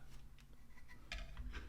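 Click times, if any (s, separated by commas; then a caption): 1.1 s. A small plastic tab on the stand base wraps around the bottom of the fuselage of a Hobby Master die-cast F-16 Falcon model and is pushed in. After a few faint soft taps, a sharp plastic snap at 1.1 s marks the tab seating onto the fuselage.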